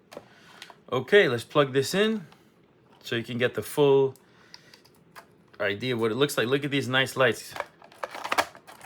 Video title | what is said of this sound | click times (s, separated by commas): TRX4M servo replacement | perfect it just snaps right in | 8.0 s, 8.3 s